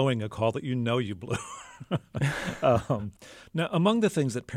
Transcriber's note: laughter